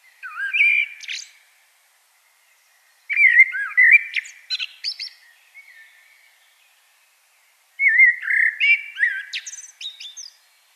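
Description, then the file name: Common blackbird song in three phrases separated by short pauses, each a low, mellow whistle followed by a jumble of high, squeaky twittering notes. "Turdus merula"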